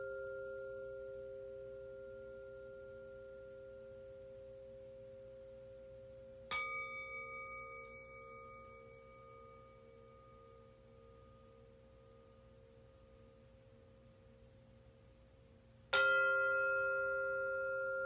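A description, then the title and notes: Singing bowls ring with a low, steady hum. A bowl is struck at about six seconds and again near sixteen seconds, each strike adding bright overtones that fade slowly while the deep tones keep sounding. Between strikes the ringing decays gradually, clear. 251Hz Sound Healing Brain Waves - Singing Bowls.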